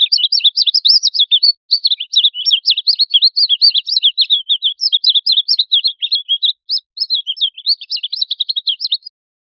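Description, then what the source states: Bird chirping in rapid, high twittering notes that run almost without pause, with two short breaks, over otherwise silent background. Trapped bird.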